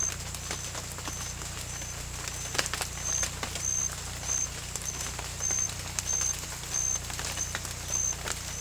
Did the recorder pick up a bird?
no